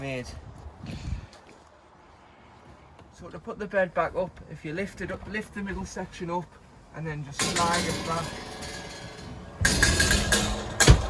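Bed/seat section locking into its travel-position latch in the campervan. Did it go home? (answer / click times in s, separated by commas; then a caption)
yes / 9.7 s. Someone talks as the middle section of the rock-and-roll bed in a 2012 VW campervan is lifted and slid back with a long scraping rumble. At 9.7 s it clicks sharply into its travel-position latch, locking the bed into the travelling seat position.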